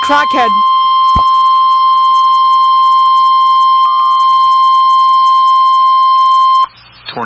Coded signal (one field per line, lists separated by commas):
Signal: Emergency Alert System (SAME) tones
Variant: 1050 Hz attention tone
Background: speech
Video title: TORNADO EMERGENCY (EAS #28)